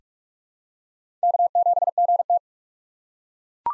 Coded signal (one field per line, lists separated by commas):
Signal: Morse code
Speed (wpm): 48 wpm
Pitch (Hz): 700 Hz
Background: none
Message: K7GT